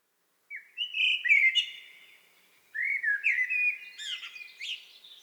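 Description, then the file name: Eurasian blackbird singing two mellow, warbling phrases separated by a brief pause, each rising into high chattering twitters. "Turdus merula"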